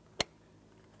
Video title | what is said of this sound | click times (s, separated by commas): How to Replace Blower Motor Resistor 2004-2015 Nissan Titan | once your shirts tight to the dash we'll continue on with our electrical connector press it in and listen for a click | 0.2 s